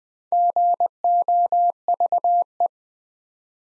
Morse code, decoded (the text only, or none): GOVE